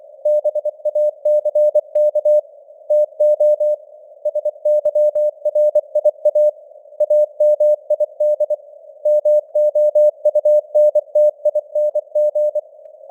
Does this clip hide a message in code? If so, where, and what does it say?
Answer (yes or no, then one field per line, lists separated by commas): yes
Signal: Morse code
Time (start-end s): 0.3-12.6 s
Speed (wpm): 24 wpm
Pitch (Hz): 600 Hz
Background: none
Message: BACK TO SYRIA AMID MOUNTING